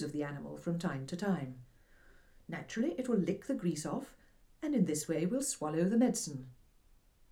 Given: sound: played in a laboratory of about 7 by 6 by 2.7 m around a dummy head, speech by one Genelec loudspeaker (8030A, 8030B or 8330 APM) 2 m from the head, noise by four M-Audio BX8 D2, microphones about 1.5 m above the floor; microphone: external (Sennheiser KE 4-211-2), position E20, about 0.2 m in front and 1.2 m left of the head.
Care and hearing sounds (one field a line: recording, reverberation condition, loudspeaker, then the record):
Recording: female speech in English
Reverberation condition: low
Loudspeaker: 30 degrees to the left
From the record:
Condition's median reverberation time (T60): about 310 ms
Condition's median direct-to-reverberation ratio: about 3.5 dB